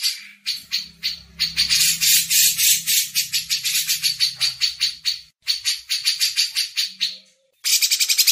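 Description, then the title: Grey-cheeked bulbul with loud, harsh chattering pulses in several runs, the last starting after a short silence; faint low hum below. Masteran tutor used as training audio. "MASTERAN CUCAK JENGGOT"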